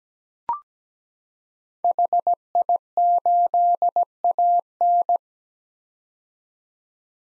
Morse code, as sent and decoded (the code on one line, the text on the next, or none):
.... .. ---.. .- -.
HI8AN